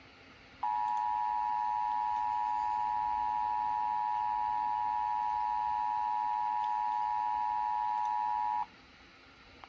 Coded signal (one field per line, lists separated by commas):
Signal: Emergency Alert System (SAME) tones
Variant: 853 and 960 Hz attention tone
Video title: EAS 853 - Tennessee mocking Tennessee RMT